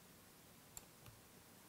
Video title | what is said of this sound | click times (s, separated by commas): SSD Upgrades MacBook Pro and MacPro | yep that snapped in perfect | 0.8 s